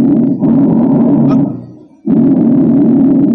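Bronchial breath sounds heard over an adult chest by stethoscope: loud, hollow breath sounds of air moving in and through the bronchi, with a brief pause between breath phases, heard at the mid-clavicular line.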